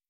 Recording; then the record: hydrophone in a shrimp aquaculture tank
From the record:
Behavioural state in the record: stressed